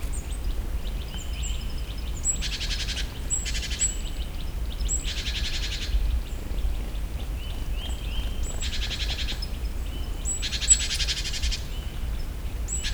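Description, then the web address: Great tit calling with harsh buzzy churrs repeated several times, mixed with brief high thin notes and a constant low background rumble. Recorded in nature; described as the great tit's other call. "allathangok termeszetben szencinege masikhangja"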